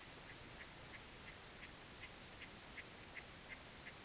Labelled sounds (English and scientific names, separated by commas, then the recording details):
none
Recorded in pastures near Puerto Asís, Putumayo, Colombia, on 30 June 2025 at 12:30
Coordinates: 0.486, -76.323
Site H29